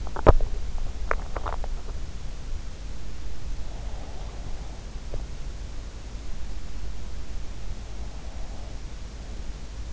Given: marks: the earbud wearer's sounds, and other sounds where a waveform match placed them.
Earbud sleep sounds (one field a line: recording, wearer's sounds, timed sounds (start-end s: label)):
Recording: sounds in sleep by an in-ear microphone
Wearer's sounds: swallowing, breath, teeth grinding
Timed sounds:
0.00-0.61 s: swallowing
0.99-2.10 s: swallowing
3.62-4.90 s: breath
4.90-5.40 s: teeth grinding
7.94-8.84 s: breath